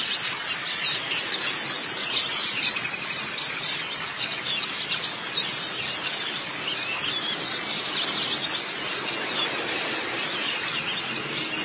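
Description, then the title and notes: White-eye chatter, a nonstop stream of thin, high, quick notes with a few sharper chirps standing out. "Suara kicauan burung pleci"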